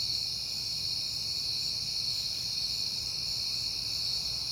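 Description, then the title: Crickets in a steady, shrill, unbroken chorus, with faint low background rumble. Crickets at night in September on a peaceful night. "Night Time: Crickets and Passing Cars"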